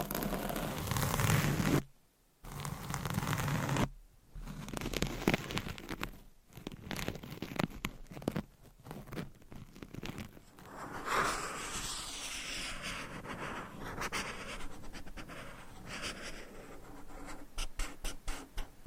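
Scratching, tapping and rubbing sounds with a dry, papery texture, loudest in the first four seconds with low thumping bursts. Short silent gaps break it near 2 and 4 seconds, then quieter, irregular scratches and taps continue unevenly to the end.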